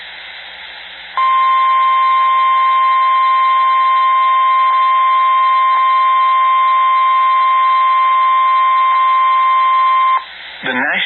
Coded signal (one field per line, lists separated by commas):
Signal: Emergency Alert System (SAME) tones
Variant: 1050 Hz attention tone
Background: speech